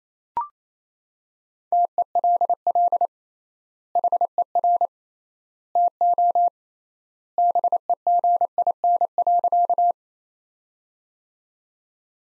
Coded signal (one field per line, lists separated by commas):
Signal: Morse code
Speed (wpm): 28 wpm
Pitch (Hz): 700 Hz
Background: none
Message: TELL HER TO BEGIN.